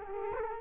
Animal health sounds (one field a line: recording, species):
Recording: mosquito wingbeat signal from an infrared sensor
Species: Culex quinquefasciatus